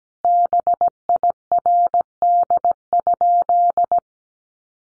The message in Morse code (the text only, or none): BIRD?